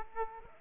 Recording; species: mosquito wingbeat signal from an infrared sensor; Aedes aegypti